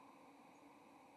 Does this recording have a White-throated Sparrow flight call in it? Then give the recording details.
no. Another species' flight call is heard. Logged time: 07:18 on 30 October 2014